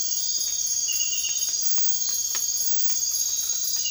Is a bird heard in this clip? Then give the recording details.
no. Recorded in dense forest near Puerto Asís, Putumayo, Colombia, on 24 March 2025 at 00:30. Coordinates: 0.503, -76.323. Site GP09